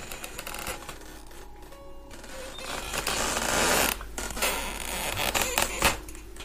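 A creaking wooden window shifts with drawn-out squeaks while fingernails scratch and scrape across its wood from outside in rough, uneven strokes, the noise swelling and fading over several seconds.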